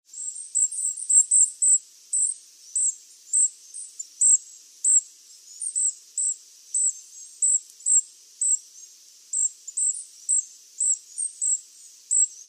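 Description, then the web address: Bird calls: thin, very high chirps repeated roughly twice a second throughout, quicker and denser at the start, with no other clear sounds. "birddata Deverinetal 2025"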